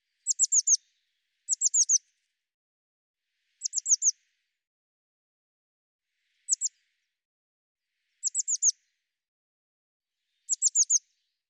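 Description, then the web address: Bird song: very high, thin, downslurred notes in quick bursts of two to four, repeated at irregular intervals of one to three seconds. Call rendered as "Cy Ca Cy Ca". "cianscape birddata Deverinetal 2025 File cleaned normalized Bird Cy Ca"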